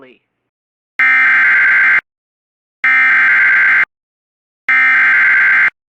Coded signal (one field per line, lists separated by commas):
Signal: Emergency Alert System (SAME) tones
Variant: header bursts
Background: speech